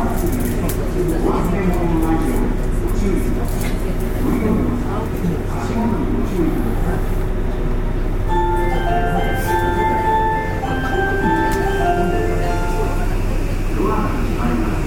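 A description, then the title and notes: Aboard a local train on the Osaka Loop Line, a steady low rumble carries murmured voices, with a bright chime melody beginning around eight seconds. JR西日本 201系 大阪環状線外回り 大阪から天王寺まで. It is running noise of 201 series trains of JR West Japan. I recorded on a local train at Osaka loop line. The section is from Osaka to Tennoji.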